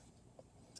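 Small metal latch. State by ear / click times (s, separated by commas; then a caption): seated / 0.8 s. The metal hook of a Tru-Fire Synapse thumb release is closed onto a bowstring D loop and clicks locked at 0.8 s with a short, sharp click, so it is locked in position and will not open. A fainter tick sounds at 0.4 s over a low steady background hum.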